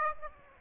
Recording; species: mosquito wingbeat signal from an infrared sensor; Aedes aegypti